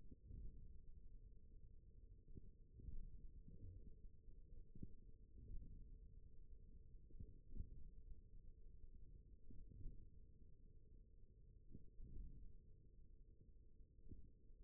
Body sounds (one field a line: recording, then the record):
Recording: forearm muscle sounds (acoustic myography)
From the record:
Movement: thumb flexion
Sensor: system 1, eight BSWA MPA416 microphones around the upper forearm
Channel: 4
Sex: male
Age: 41 years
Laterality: right